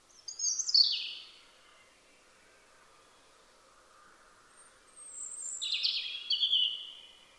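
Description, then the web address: European robin song: one sweet warbled phrase, a long silent gap, then a high thin note and a second, richer phrase over faint background hiss. Bird only, with no other sounds. "Deverinetal 2025 File origin Bird Only Er Ru"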